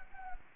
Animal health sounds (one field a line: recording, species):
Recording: mosquito wingbeat signal from an infrared sensor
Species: Anopheles gambiae